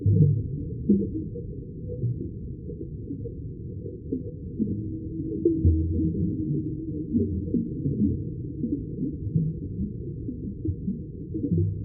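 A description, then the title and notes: Whales blow bubbles underwater in a muffled, low, continuous rumble with scattered gurgles and pops, plus a brief faint tone near the middle. Whales Blow Bubbles Underwater.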